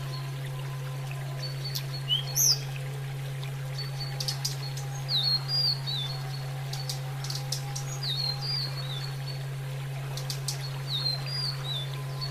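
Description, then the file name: Sunda robin song with short clear whistles and slurred phrases in scattered bursts, a sharp upslurred note early on, steady low hum throughout. Used for training cage birds, Indonesia. "terapi burung tledekan"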